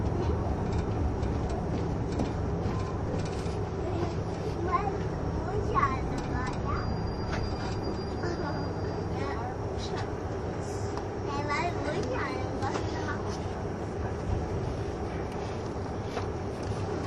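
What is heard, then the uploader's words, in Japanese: Running sound from the Yufuin no Mori express train, a KiHa 71 series, with a steady, dense low rumble that holds throughout. Voices talk over it from about the five-second mark on, and faint clicks and ticks come through now and then. キハ71系 ゆふいんの森03号02 日田～由布院。走行音(音の旅)。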